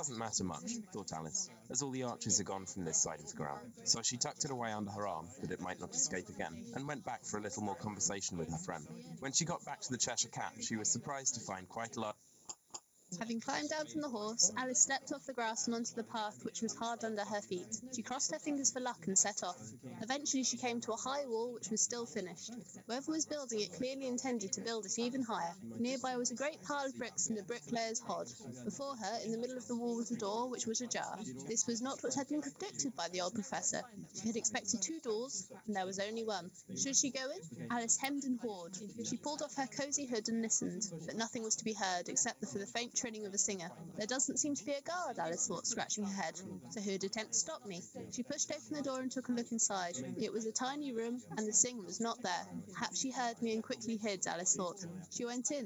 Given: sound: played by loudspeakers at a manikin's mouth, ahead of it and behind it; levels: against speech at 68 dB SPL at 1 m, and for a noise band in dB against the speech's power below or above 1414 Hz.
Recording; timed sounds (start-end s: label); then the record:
test signals for a remote microphone
0.00-12.11 s: man speaking, babble ahead at +6 dB SNR for speech at 1 m
12.48 s: click
12.73 s: click
13.11-55.66 s: woman speaking, babble ahead at +6 dB SNR for speech at 1 m
From the record:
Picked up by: remote microphone A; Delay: 47 ms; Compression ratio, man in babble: 10.50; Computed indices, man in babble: HASPI 1.000, HASQI 0.322 (non-linear 0.372, linear 0.866), ESTOI 0.714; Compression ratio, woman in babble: 7.77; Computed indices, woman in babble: HASPI 0.969, HASQI 0.340 (non-linear 0.394, linear 0.863), ESTOI 0.759